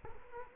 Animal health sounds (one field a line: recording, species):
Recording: mosquito wingbeat signal from an infrared sensor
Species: Culex quinquefasciatus